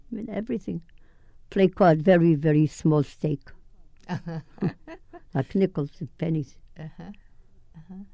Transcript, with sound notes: and everything. Play card, very, very small stake. [Laughs] Like nickels and pennies.
Uh-huh. Uh-huh,